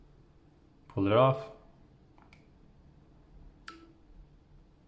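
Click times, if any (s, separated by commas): 3.7 s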